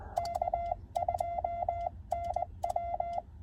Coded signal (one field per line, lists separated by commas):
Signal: Morse code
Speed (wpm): 20 wpm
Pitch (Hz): 2050 Hz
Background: none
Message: K2NW